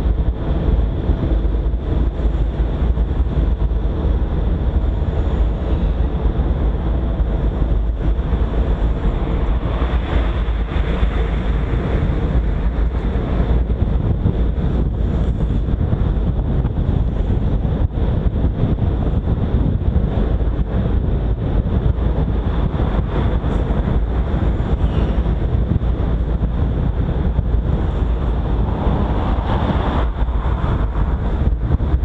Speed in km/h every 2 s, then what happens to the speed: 50, 47, 51, 52, 48, 46, 48, 49, 49, 49, 49, 48, 46, 44, 42, 41.
0-21 steady at about 49. 21-32 slows to 41.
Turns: 5-9.